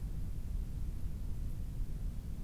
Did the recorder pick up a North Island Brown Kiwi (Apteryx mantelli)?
no